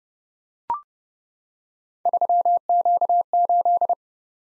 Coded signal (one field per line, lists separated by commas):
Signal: Morse code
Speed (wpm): 30 wpm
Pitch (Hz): 700 Hz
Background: none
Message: 3Q8